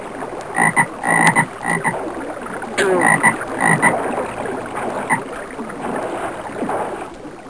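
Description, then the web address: Frogs croaking, short raspy calls in quick bursts over a steady background hiss. "Soundsation. Animals Frogs"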